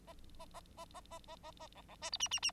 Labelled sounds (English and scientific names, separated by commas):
Bengalese Finch (Lonchura striata domestica) song